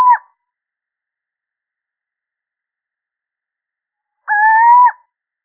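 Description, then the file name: Little owl, the tail of one hoot at the start, then after a long silence a full, slightly rising mewing hoot. Male. "Sycek obecny samec"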